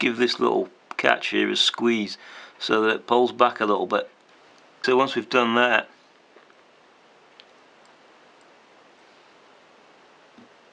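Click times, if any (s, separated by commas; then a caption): none. Someone talks while handling a silver box catch tongue for its sheet silver box housing on a bracelet, having squeezed the catch so it springs back a little. After the talk, faint handling ticks are heard at about 6.5 s and 7.4 s. The tongue has not yet been pushed home, and nothing has clicked or seated.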